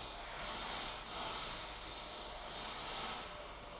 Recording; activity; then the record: daily activity, microphone in the room; vacuum cleaning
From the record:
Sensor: 5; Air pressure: 992.0 hPa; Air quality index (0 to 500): 175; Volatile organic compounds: 621 ppm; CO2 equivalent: 4959 ppm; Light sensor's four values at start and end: 30/105/38/41 and 30/104/38/41